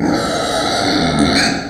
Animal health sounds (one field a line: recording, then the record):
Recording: squeal of a Yucatan mini pig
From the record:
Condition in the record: before surgery on the right vocal fold (resection and tissue-engineered implant)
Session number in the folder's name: 3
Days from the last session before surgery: 0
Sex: female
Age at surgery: 19 weeks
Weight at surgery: 25 kg